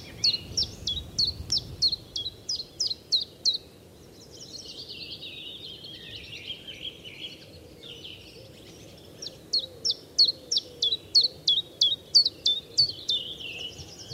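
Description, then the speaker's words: Common Chiffchaff song: a steady run of sharp high notes repeated about three per second, pausing midway while another bird warbles softly, then resuming. Recording played back; this song is heard in the wild only weeks later, when the first chiffchaffs arrive in spring; other spring sounds in the background. "Kuunnellaan hetki tätä ääntä, joka on vasta viikkojen päästä kuunneltavissa, eli tiltaltti."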